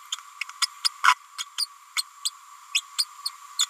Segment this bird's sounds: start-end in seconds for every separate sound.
0.11-0.15, 0.61-0.67, 0.84-0.88, 1.03-1.14, 1.38-1.45, 1.57-1.66, 1.96-2.02, 2.25-2.30, 2.73-2.82, 2.98-3.05, 3.25-3.30, 3.59-3.66